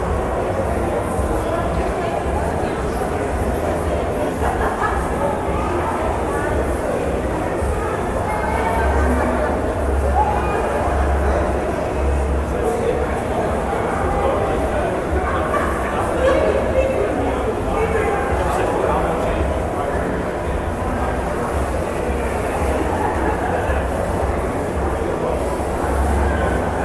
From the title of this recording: SHOPPING MALL ASMR AMBIENT SOUND